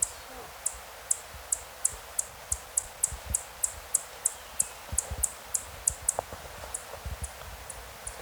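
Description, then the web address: Chestnut-breasted coronet calling: a steady run of very high, sharp chip notes, about two to three per second, with soft low thumps and rustles underneath. Recorded in Ecuador. "ENTER Science Biology Natures Songs S America Birds of Ecuador Chestnut-Breasted Coronet"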